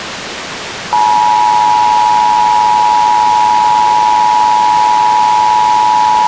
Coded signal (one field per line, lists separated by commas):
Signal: Emergency Alert System (SAME) tones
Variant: 853 and 960 Hz attention tone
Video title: Emergency Broadcast System 1